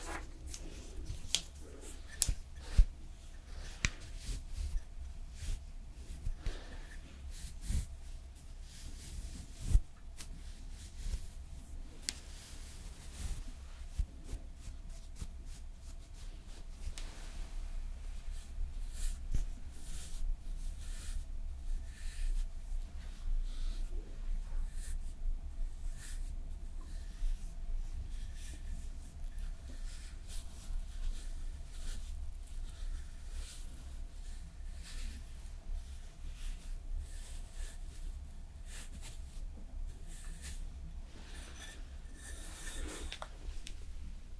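Slow makeup application, made of soft brushing and scratching sounds with frequent small taps and clicks scattered throughout, a few sharper ones in the first fifteen seconds. A steady low hum and a faint constant tone run underneath the whole time.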